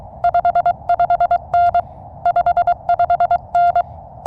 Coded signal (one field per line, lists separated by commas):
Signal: Morse code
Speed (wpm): 23 wpm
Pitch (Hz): 700 Hz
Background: none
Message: 55N 55N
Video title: My 10 RADIO Essentials for Summits on the Air